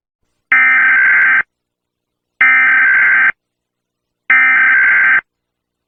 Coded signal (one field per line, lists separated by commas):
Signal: Emergency Alert System (SAME) tones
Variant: header bursts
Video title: Rating Some EAS Alarms (Part 1)